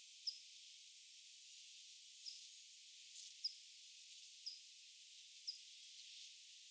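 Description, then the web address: Pipit call notes, brief and high, five at uneven intervals of one to two seconds, with soft hiss and a couple of faint clicks behind. Recorded 25 July 2026; the recordist wonders whether it is the same pipit species as the one heard the day before. "paivat 25 7 2026 onko sama kirvislaji kuin mika oli eilen"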